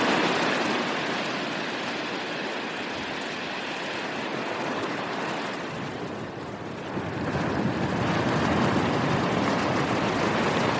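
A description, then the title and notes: A steady seaside wash of dense rushing water, dipping slightly around six seconds before swelling louder again, with a low rumble throughout. Seaside.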